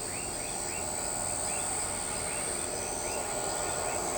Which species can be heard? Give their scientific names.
none